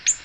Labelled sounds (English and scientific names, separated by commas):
Ovenbird (Seiurus aurocapilla) flight call